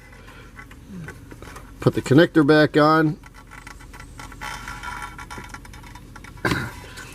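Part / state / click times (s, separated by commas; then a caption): brake pad wear sensor plug into vehicle harness connector / seated / 5.5 s. A plastic brake pad wear sensor connector is pushed together with the vehicle harness connector on a Range Rover Sport or full-size Supercharged with Brembo calipers, while someone talks briefly. After small handling taps, the connector clicks in at 5.5 s and is seated with a good positive connection.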